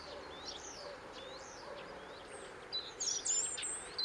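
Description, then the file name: European robin giving thin, high notes, with a brighter, louder burst late on, over steady background hiss. "Erithacus rubecula"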